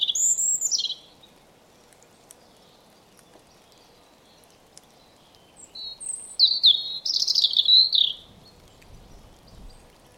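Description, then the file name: European robin song: a descending high whistled phrase at the start, then a longer tumbling twittering phrase after about five seconds of silence. "Erithacus rubecula"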